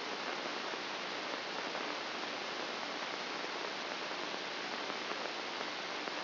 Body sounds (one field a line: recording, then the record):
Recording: brain microelectrode recording played as sound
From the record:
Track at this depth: inside the subthalamic nucleus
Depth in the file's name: 0.827 mm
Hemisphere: left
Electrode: 2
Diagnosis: Parkinson's disease